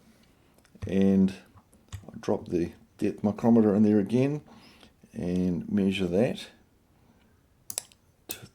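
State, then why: Torque reached. A depth micrometer is dropped into the gauge bushing on an N-type connector to measure the connector pin depth, and someone talks. The ratchet thimble is then turned until it slips, giving three sharp clicks at 7.7, 7.8 and 7.9 seconds. After that the spindle is locked.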